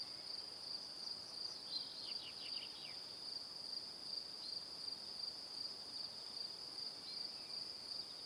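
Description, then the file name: Cricket chirping as a steady high pulsing trill, repeated about three times a second, with a brief series of short descending notes early on. Evening. "Calm - Evening Crickets"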